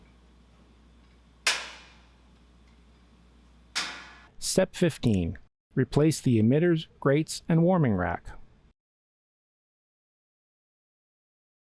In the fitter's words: then press in the top pin and Slide the door over it until it clicks back in place